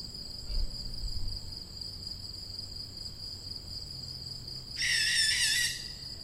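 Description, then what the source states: Young barn owl producing one loud breathy hiss near the end, preceded by a couple of soft low thumps, with a continuous high-pitched insect-like tone throughout. Young birds.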